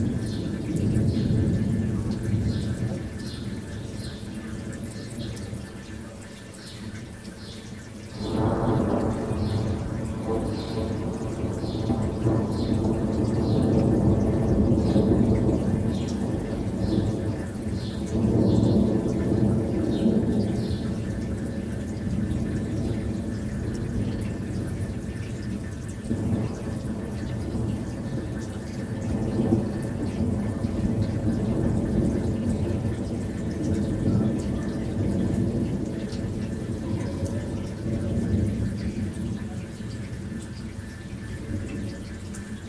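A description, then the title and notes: Deep thunder growls and rolls almost without pause, a low heavy rumble that swells sharply around eight seconds and again near eighteen and twenty-six. Steady rain hisses underneath, with faint rhythmic chirping or ticking high above throughout. Endless Thundergrowl over Germany.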